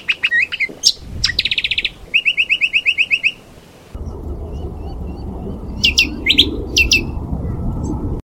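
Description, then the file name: Brown honeyeater song of sharp chips leading into two quick rattling trills, followed by a pause and a few scattered slurred whistles over a low rumble. "audio lichmera indistincta"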